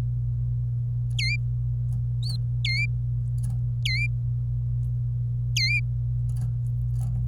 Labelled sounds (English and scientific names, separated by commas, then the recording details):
Domestic Canary (Serinus canaria) song
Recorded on 26 April 2018 at 10:26
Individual llb3